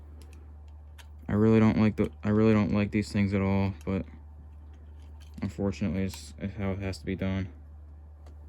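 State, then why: Not seated. A metal retaining clip is handled on the motor shaft of a Casablanca Delta II ceiling fan during reassembly, with force needed to push it into place. Faint short handling ticks come near the start and end while someone talks in between. Nothing has clicked or seated yet.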